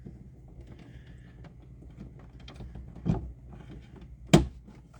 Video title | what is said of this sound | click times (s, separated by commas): Bose Smart Soundbar 300 | you heard that sound it clicks right in | 4.3 s